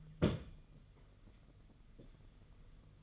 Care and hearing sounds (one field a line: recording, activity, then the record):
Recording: daily activity, microphone in the room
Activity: place on stove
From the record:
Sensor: 4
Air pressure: 995.3 hPa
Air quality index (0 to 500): 215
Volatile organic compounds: 252 ppm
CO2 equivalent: 4365 ppm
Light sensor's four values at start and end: 24/77/29/32 and 24/77/29/32